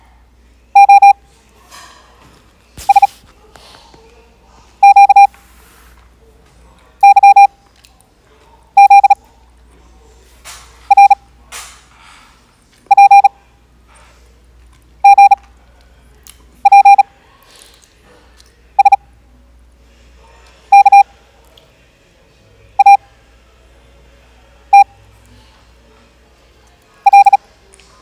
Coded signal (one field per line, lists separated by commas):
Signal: Morse code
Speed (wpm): 36 wpm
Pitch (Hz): 800 Hz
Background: none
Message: O S Q Y Z R P G P S K A T L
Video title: 18 wpm morse code practice